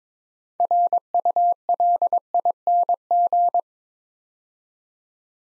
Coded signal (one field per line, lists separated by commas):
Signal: Morse code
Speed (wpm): 23 wpm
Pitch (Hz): 700 Hz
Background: none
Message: RULING